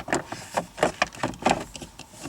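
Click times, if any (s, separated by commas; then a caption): none. A cabin air filter in its plastic holder on a 2019 Honda Pilot is handled as it is slid back into the HVAC housing behind the glove box. Short plastic knocks and scrapes are heard around 0.1, 0.8, 1.0 and 1.2 seconds. Nothing has seated or clicked yet.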